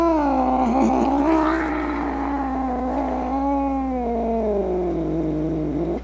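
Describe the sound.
Cat uttering one long, unbroken angry yowl, wavering slightly, with a rough edge early on, slowly sliding lower in pitch over about six seconds.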